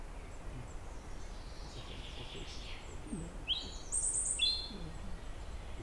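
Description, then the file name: European robin song: a faint, wavering high phrase, then a sharper run of bright, piercing whistles and trills near the end, over low background noise. "Erithacus rubecula"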